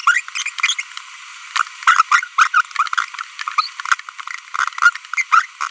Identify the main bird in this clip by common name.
Green-rumped Parrotlet